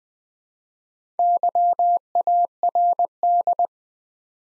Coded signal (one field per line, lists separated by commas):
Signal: Morse code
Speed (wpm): 20 wpm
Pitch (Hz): 700 Hz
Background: none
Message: YARD